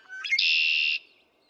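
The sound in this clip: Red-winged Blackbird singing one phrase, brief sharp opening notes leading straight into a strong, rasping trill that ends abruptly, then quiet.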